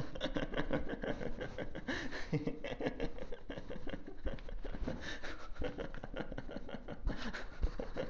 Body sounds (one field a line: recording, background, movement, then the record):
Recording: laughter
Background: quiet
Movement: walking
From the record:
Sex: male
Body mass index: 22.0 kg/m2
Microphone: on the chest, facing outward